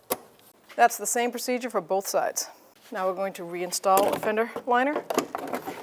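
On a 2008–2012 Jeep Liberty, the red plastic locking tab on the corner light wiring connector is pushed in to secure the connector, giving a short, sharp snap at 0.1 s that shows the tab has seated. Someone then talks for the rest of the clip.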